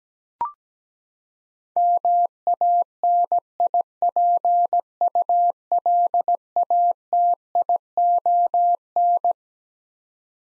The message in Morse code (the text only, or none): MANIPULATION